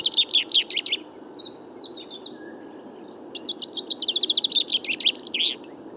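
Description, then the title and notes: Common chaffinch song: a quick trilled phrase, softer twittering notes, then a longer rapid rattle of repeated notes ending in a flourish. Bois de Vincennes, France, 16 February 2019; first song of the year; fine weather; song confused, weaker than typical, small babbles; courtship song towards nearby females; Nagra Seven, Wiltronic parabola, mono. "Premier Pinson des arbres 2019. Bois de Vincennes - 16 février 2019-Nagra seven - Parabole Wiltronic mono: mon premier chant de Pinson des arbres (Fringilla coelebs) enregistré en 2019"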